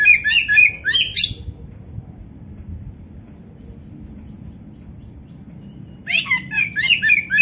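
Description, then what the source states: Oriental magpie-robin giving short bursts of rapid chirping notes at the start and end, with a quiet stretch of low hum between. Singing in full voice ('gacor'); Indonesian name kacer poci.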